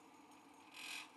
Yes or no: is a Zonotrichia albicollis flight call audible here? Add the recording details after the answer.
no. No flight call is heard. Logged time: 09:21 on 5 December 2014